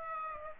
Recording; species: mosquito wingbeat signal from an infrared sensor; Aedes aegypti